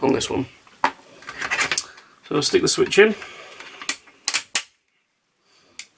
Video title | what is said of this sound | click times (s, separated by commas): VW T3 (Vanagon) Westy Interior Cabin Light Upgrade. | nice positive click | 4.3 s, 4.6 s